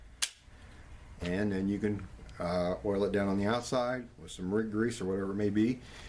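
An empty magazine is reinserted into the grip of a reassembled, field-stripped Smith & Wesson M&P Shield pistol, and it seats with a single sharp click at 0.2 s. Someone then talks for the rest of the clip.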